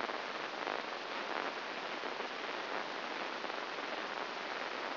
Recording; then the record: brain microelectrode recording played as sound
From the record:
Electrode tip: inside the subthalamic nucleus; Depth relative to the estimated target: 0 mm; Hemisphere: right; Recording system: AlphaMap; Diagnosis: Parkinson's disease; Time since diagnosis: 12 years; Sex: female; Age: 47 years